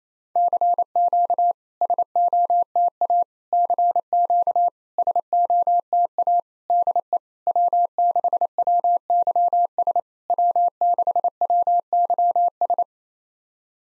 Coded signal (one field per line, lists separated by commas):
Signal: Morse code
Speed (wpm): 28 wpm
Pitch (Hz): 700 Hz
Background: none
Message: CQ SOTA CQ SOTA DE W6WYS W6WYS